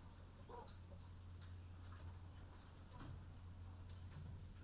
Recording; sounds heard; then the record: poultry house recording; sick chickens (respiratory disease)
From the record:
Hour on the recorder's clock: 21